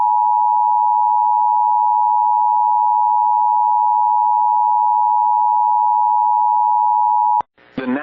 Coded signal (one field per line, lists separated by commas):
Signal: Emergency Alert System (SAME) tones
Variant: 853 and 960 Hz attention tone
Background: speech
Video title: Severe Thunderstorm Warning #EAS 27